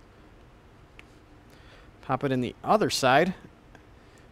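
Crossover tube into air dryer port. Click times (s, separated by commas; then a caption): 1.0 s. A crossover tube is popped into its port on the other side of an SKF HC Dual Turbo 2000 air dryer during service, and it seats with a sharp, brief click at 0.99 s. Someone talks from about 2.1 to 3.3 s, and a fainter tick follows at 3.75 s.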